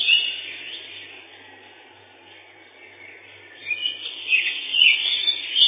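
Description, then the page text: Lesser whitethroat twittering at the start, fading to quiet, then returning with a louder stream of high, scratchy chatter. Song described as a set of twitterings, including a loud 'kle-kle-kle', ending in a dry, fast trill 'tiktiktiktik'. "Славка-завирушка, или славка-мельничек — Sylvia curruca"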